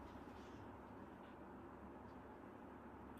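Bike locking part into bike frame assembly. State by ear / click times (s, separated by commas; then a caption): not seated / none. During bike assembly, a locking part on the bike frame that should lock into place to pull a piece closed is worked, with only a steady, even rumble of broadband noise heard and no distinct snap. Nothing has seated or clicked yet; the part fails to lock because another piece is the cause.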